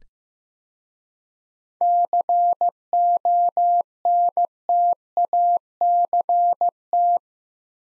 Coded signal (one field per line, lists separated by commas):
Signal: Morse code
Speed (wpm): 15 wpm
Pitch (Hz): 700 Hz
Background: none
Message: CONTACT